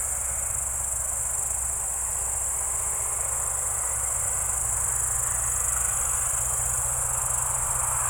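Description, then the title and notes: Crickets in a steady, high, shimmering chorus that never breaks, over a low engine drone and a wash of broad traffic-like noise. Evening crickets at Spalona Pass, Bystrzyckie Mountains, Poland, 18 July 2024 around 19:00; old tractor mowing grass in the village below and passing cars in background. "Spalona 6, 57-516, Polska - Spalona Pass - crickets and haymaking. Przełęcz Spalona w Górach Bystrzyckich. wieczorne świerszcze"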